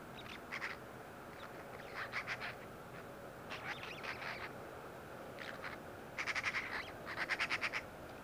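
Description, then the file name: Eurasian magpie giving harsh rattling chatter in several bursts, the loudest rattles near the end, over a steady background hiss. "Pica pica"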